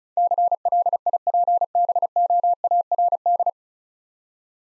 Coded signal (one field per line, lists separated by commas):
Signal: Morse code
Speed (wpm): 36 wpm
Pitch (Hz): 700 Hz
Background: none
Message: CLIPBOARD